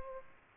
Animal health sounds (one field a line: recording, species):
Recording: mosquito wingbeat signal from an infrared sensor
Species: Aedes aegypti